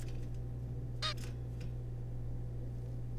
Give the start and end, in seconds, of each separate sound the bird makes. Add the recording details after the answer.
1.03-1.14. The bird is a juvenile. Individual R3549